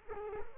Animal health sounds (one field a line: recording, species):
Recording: mosquito wingbeat signal from an infrared sensor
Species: Culex quinquefasciatus